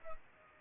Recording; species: mosquito wingbeat signal from an infrared sensor; Culex pipiens